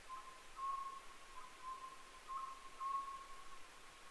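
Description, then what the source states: Oriental scops owl, several whistled notes in quick succession forming one phrase then another, clear over light hiss. Recorded 15 May 2010 at 23:06.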